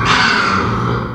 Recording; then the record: squeal of a Yucatan mini pig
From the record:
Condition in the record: after surgery on the right vocal fold (resection and tissue-engineered implant); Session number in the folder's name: 15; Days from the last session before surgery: 175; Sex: female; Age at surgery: 19 weeks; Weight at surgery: 25 kg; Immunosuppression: prednisolone